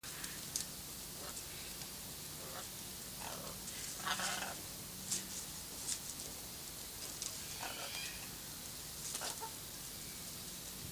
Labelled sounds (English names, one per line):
Blue-and-yellow Macaw call